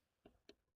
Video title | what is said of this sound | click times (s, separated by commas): Aftermarket ECU Prep (bonus Brinda appearance) #jeepcherokeexj | There's a click. Yeah, you guys can't hear the click. I can barely hear the click. I'm feeling it mostly. | 0.5 s